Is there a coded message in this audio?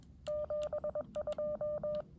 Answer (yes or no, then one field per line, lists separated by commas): yes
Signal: Morse code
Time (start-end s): 0.3-2.0 s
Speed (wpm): 23 wpm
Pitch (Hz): 600 Hz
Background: none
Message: 72